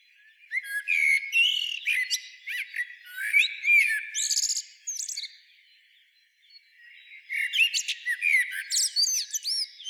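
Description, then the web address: Common blackbird song: a long run of warbled and whistled notes mixed with squeaky high twitters, a brief pause, then a second twittering phrase. "SETE data Turdus merula"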